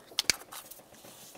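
On a 2005-2010 Dodge Dakota during intake manifold replacement, the red plastic locking tab on the EGR valve's electrical connector, at the back on the driver's side, is pressed in after the connector has been plugged in. Two sharp clicks are heard at 0.2 s and 0.3 s, followed by faint handling noise. The locking tab snaps shut and the connector is seated.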